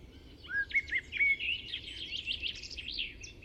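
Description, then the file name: Common blackbird, a few clear fluty notes followed by a dense, busy twittering passage, with a steady background hiss. "Turdus merula"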